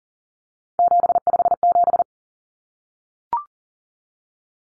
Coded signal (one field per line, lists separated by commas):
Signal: Morse code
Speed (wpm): 38 wpm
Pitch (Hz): 700 Hz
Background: none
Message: 757